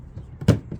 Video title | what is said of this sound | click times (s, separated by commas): Klein MODBox Drawer Comparison KLEIN ModBox Drawers | they do kind of Click into place | 0.4 s, 0.7 s